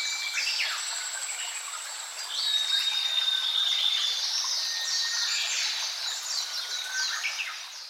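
Birds in chorus, a thick wash of overlapping high chirps, trills and thin whistles, with a long steady whistled note standing out for a while.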